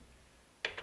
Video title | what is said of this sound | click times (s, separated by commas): Steyr Aug Nato Mods, Thoughts & Disassembly | Slide that back towards you. That's all locked into place. | 0.6 s